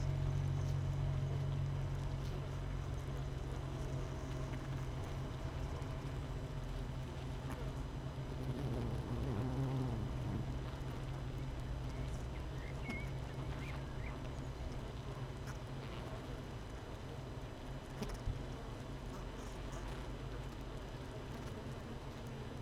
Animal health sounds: honeybee colony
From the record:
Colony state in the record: missing queen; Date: 31 May 2018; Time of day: 7:25

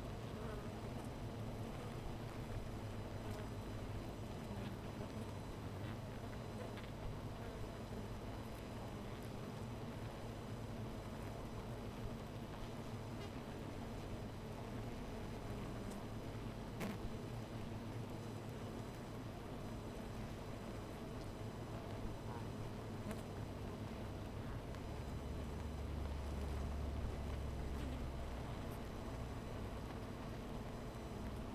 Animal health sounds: honeybee colony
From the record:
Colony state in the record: missing queen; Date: 14 July 2017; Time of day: 10:45

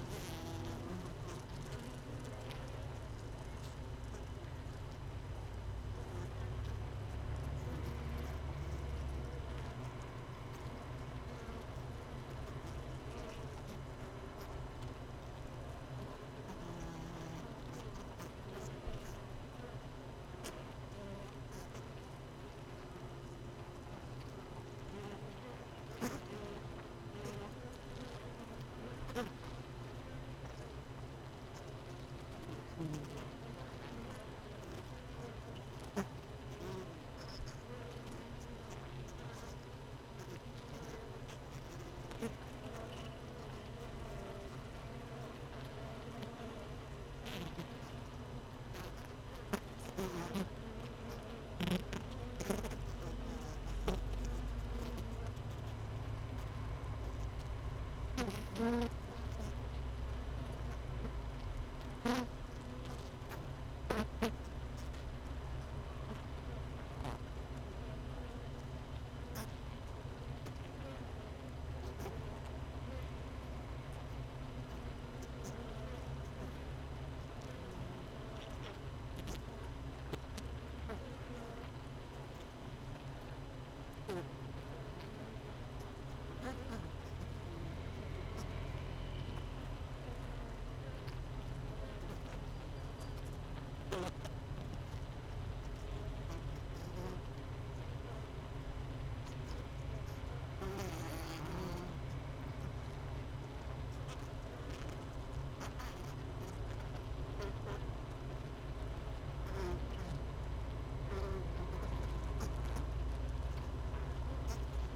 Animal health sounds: honeybee colony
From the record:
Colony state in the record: missing queen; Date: 31 May 2018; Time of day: 17:10

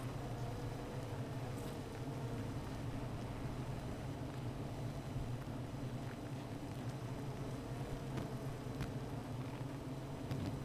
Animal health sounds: honeybee colony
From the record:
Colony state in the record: missing queen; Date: 14 July 2017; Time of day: 15:31

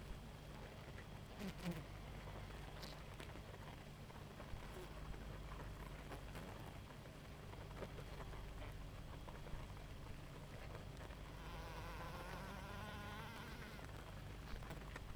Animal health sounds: honeybee colony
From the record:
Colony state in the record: active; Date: 28 July 2017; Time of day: 0:19

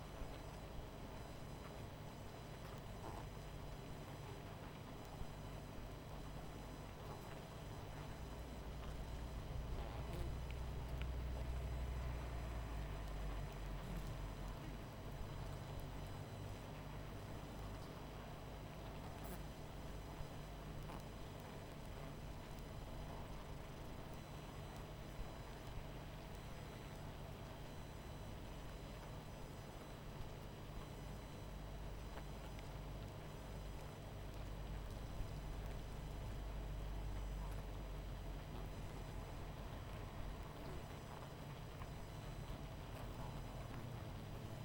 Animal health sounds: honeybee colony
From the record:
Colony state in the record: missing queen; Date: 14 July 2017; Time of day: 21:34

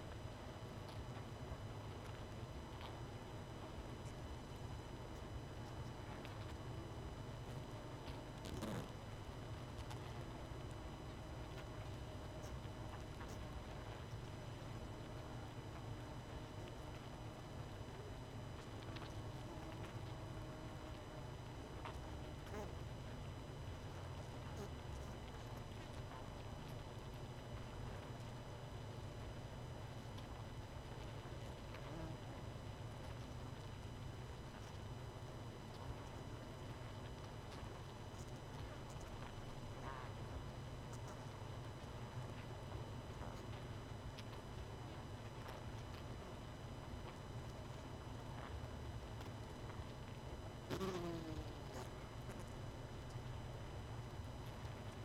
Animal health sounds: honeybee colony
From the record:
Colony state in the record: missing queen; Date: 31 May 2018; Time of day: 20:49

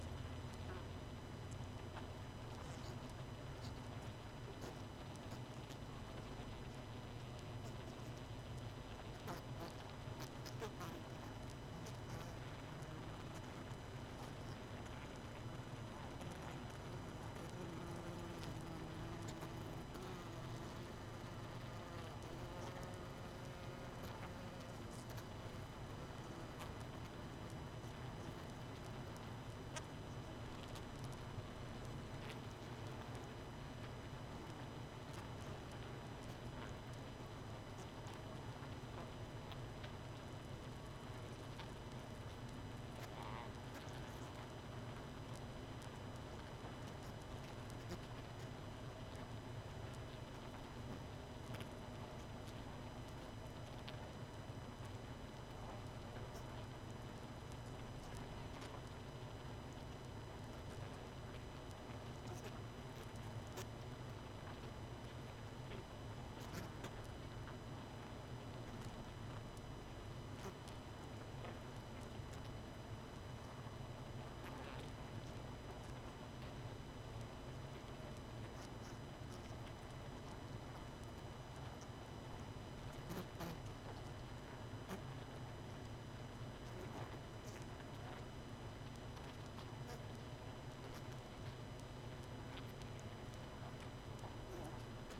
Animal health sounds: honeybee colony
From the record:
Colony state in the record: missing queen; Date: 31 May 2018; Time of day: 22:40

